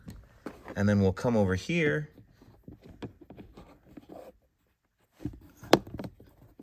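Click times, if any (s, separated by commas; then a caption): 5.7 s. On a 2020–2023 Mazda CX-9, during a cabin air filter change, the glovebox dampening arm latch is pressed back onto its plastic mount on the glovebox while someone talks briefly at the start. After some quiet handling noises, a sharp snap at 5.7 s marks the latch seating back on, followed by a few softer clicks.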